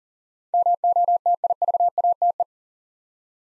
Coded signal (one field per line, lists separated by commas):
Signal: Morse code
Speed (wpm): 40 wpm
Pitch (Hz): 700 Hz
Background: none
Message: MOTIVATE